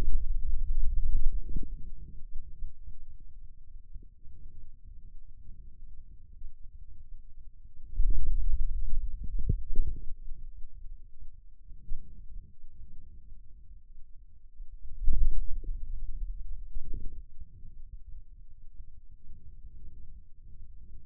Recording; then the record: forearm muscle sounds (acoustic myography)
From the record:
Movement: hand closing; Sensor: system 2, bracelet of six BSWA MPA416 microphones around the upper forearm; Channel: 2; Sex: male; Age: 22 years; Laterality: right